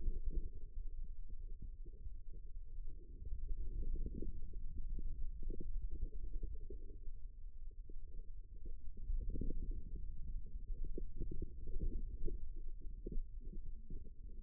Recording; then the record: forearm muscle sounds (acoustic myography)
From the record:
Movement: ulnar deviation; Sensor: system 2, bracelet of six BSWA MPA416 microphones around the upper forearm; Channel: 4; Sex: female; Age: 25 years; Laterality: right